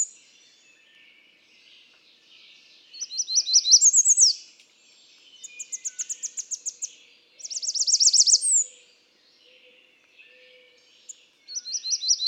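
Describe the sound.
American redstart song: high, thin series of rapid repeated notes in several phrases, with pauses between bursts.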